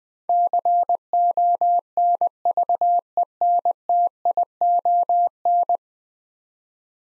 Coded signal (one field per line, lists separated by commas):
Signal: Morse code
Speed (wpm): 20 wpm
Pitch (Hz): 700 Hz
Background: none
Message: CONVENTION